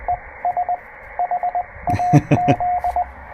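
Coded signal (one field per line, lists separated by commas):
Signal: Morse code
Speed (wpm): 20 wpm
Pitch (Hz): 700 Hz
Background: radio noise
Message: ES HAZ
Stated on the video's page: POTA park activation on a Penntek TR-45L with internal battery, CW Morse double paddle, and end-fed half wave antenna.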